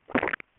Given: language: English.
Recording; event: throat vibration sensor signal played as sound; swallow